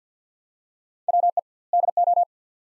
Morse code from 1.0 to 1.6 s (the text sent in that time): WE